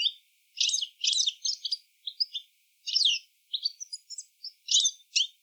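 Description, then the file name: European Goldfinch twittering, a rapid series of sharp, liquid tinkling notes delivered in quick clusters separated by short gaps. "Carduelis carduelis"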